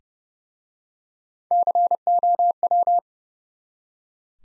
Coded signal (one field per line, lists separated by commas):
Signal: Morse code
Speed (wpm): 28 wpm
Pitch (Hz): 700 Hz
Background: none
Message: COW